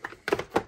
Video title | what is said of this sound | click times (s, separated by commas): Thermomix C150 Fehler, 100€ Geld sparen bei der Reparatur durch Eigeninitiative | meine Verriegelungsschale ein, das klackt auch einmal, fertig. | 0.3 s